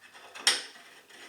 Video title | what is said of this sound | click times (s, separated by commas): Fixing a stiff or leaking mixer tap (cartridge removal and disassembly) | turn the nut backwards and you'll hear it click into place and that | 0.5 s